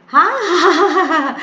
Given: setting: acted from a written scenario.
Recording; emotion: vocal sound without words; positive surprise